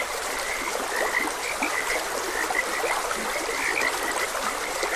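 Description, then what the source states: Frog croaks sound as a lively chorus of brief, high chirping notes, some standing out louder, mixed with the hiss of flowing water. Frogs croaking beside a gentle stream.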